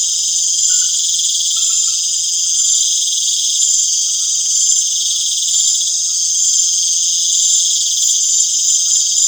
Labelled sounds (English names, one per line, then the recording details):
none
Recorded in pastures near Puerto Asís, Putumayo, Colombia, on 29 June 2025 at 19:00
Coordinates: 0.502, -76.324
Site G010